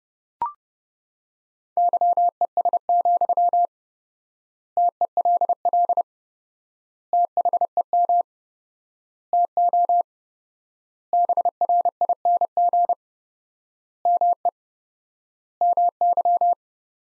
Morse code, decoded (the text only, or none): YES, TELL THEM TO BRING ME MY